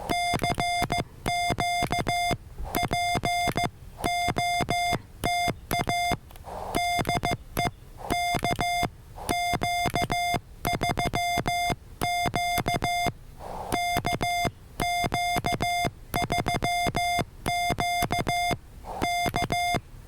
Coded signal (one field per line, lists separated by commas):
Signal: Morse code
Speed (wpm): 15 wpm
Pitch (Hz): 700 Hz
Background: none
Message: CQ POTA DE KQ3Q KQ3Q K